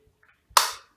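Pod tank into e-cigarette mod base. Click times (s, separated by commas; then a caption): 0.6 s. The magnetic pod tank of a Voopoo Vinci X is brought to the e-cigarette mod's base and, being well magnetised, clips in on its own. After a faint tick at 0.2 s, a sharp, bright snap lands at 0.6 s, its ringing tail fading out by about 0.85 s. The pod is seated and held firmly on the base.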